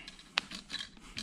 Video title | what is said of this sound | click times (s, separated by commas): 1955 1956 1957 Chevy flipper restoration. Part Four | how hard to do one-handed anyway I've got it see how it popped in there | 0.4 s